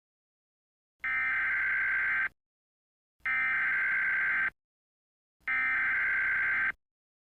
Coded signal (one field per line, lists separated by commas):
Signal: Emergency Alert System (SAME) tones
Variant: header bursts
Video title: THE SECOND SUN (a mini-EAS supernova scenario)